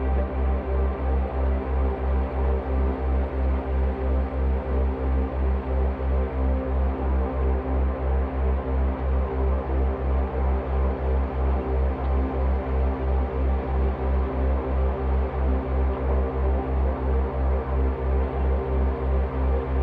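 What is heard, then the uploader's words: A slowed, resonated dishwasher recording becomes a dense, swirling drone with a heavy low throb pulsing at a steady rate, roughly three beats per second. Layered tones shimmer above it, shifting slightly but holding constant loudness throughout, with no distinct events. Theraphonia - Bosch Majestic Binaural [C65.4Hz δ 3Hz 120m]. This is a two hour binaural at 3 Hz on a carrier of 65.4 Hz (in the key of C). It's based off a field recording of the full duty cycle of a Bosch Dishwasher, slowed down and resonated into a swirling, evolving drone.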